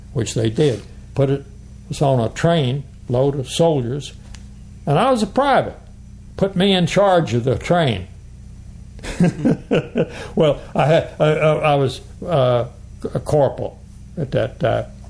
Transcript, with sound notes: which they did, put it, us on a train, a load of soldiers, and I was a private, put me in charge of the train [Laughing] Well, I had I, I, I was…a corporal at that time.